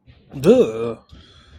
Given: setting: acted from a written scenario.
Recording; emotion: vocal sound without words; negative surprise